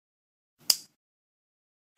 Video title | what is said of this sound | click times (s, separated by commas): The MCA GEM FlowCOUPLER Device and System | matching of indicator arrows between the anastomotic instrument and the flow coupler has been verified by an audible click | 0.7 s